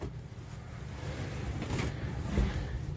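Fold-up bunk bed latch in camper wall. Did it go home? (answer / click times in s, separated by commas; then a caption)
no / none. A single fold-up bunk bed on the camper wall of a 2017 Forest River Wolf Pup 18TO is lifted and folded toward its stowed position before being pushed into its lock. Low rumbling handling noise builds, with a brief brighter scrape near 1.7 to 1.9 s and a dull low thud around 2.4 s. Nothing has latched or clicked yet.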